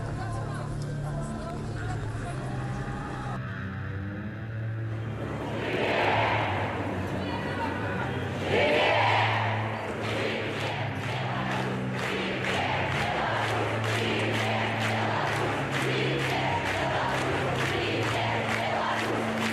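A protest crowd in Belarus fills the recording with a steady, dense murmur of many voices over a low, continuous hum. Louder swells of shouting rise around six and nine seconds, and from about ten seconds on a rapid run of sharp clapping or banging sets in.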